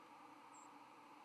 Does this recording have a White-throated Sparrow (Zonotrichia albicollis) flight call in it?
no